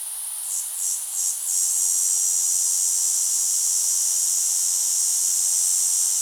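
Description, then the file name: Tibicina haematodes song, a continuous high-pitched buzz with three brief pulsing swells near the start, then a steady unbroken drone. "haematodes"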